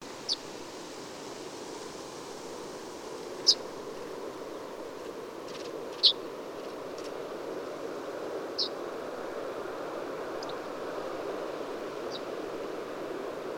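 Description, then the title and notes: Yellowhammer flight calls, short sharp high ticking notes given singly every few seconds, over a steady broad background hiss. Migrating; a diurnal migrant travelling singly or in small to large dense flocks. "Yellowhammer Emberiza c. citrinella. Ölzschau, Germany, Mathias Putze"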